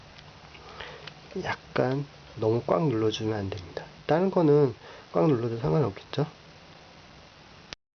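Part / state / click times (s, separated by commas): modular network plug crimped onto twisted-pair cable in crimp tool / partly seated / 7.7 s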